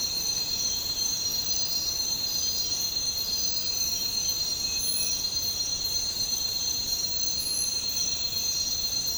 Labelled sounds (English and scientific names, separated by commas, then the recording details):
none
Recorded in dense forest near Puerto Asís, Putumayo, Colombia, on 13 March 2025 at 04:30
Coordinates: 0.467, -76.328
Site G041